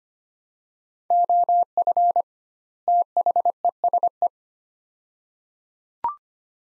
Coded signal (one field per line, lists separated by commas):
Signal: Morse code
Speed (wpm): 25 wpm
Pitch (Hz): 700 Hz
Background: none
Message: OF THESE